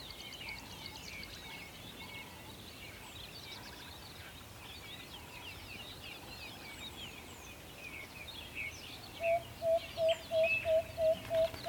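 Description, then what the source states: Owl giving a fast, even series of hollow toots, about three per second, beginning late after a stretch of busy songbird chorus that continues in the background. Recorded in a forest.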